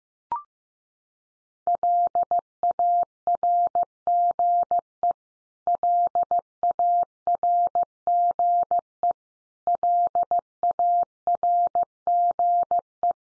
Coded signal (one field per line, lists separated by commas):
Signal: Morse code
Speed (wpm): 14 wpm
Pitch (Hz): 700 Hz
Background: none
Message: LARGE LARGE LARGE